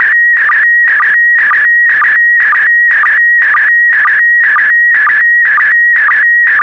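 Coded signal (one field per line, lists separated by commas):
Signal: SSTV (slow-scan television)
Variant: PD120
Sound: steady high whistle broken by buzzy warbling bursts and short low blips twice a second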